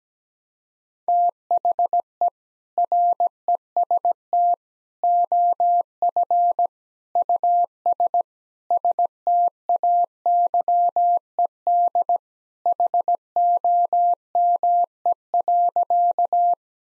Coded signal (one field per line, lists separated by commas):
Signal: Morse code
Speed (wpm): 17 wpm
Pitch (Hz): 700 Hz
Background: none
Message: THE REST OF US STAYED HOME.